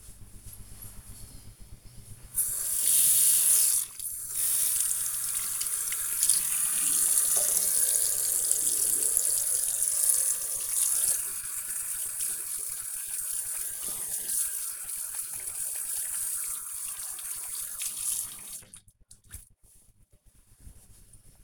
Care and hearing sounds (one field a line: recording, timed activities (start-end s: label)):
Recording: household activities, microphone on the right wrist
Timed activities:
2.17-21.28 s: washing hands